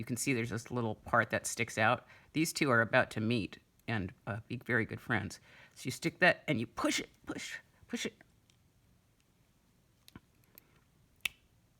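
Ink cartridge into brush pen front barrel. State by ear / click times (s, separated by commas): seated / 11.3 s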